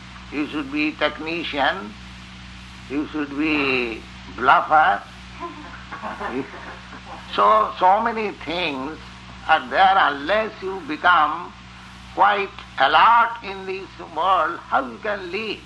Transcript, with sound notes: You should be technician. You should be bluffer. [laughter] So so many things are there. Unless you become quite alert in this world, how you can live?"